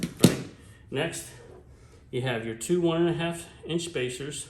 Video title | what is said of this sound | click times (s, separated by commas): Scavenger MSE Chassis assembly tutorial. | line up into these grooves and snap together just like that right | 0.2 s